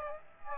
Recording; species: mosquito wingbeat signal from an infrared sensor; Aedes aegypti